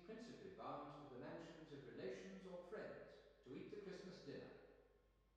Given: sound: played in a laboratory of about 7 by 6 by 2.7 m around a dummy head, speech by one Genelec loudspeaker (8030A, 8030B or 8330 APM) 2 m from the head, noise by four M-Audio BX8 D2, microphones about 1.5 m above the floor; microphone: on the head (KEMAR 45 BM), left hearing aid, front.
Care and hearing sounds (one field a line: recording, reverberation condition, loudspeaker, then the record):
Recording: male speech in English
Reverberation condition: high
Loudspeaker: 60 degrees to the right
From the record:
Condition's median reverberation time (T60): about 1300 ms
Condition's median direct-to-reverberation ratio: about -4.0 dB